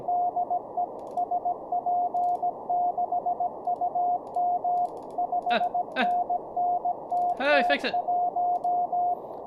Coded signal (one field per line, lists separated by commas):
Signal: Morse code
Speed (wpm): 17 wpm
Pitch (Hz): 710 Hz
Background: speech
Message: DE SP6UM 5NNTT1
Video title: How To Learn Morse Code LIVE with N0SSC (Day 26)